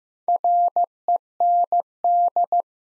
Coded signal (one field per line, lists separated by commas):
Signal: Morse code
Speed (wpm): 15 wpm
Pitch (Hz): 700 Hz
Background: none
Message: REND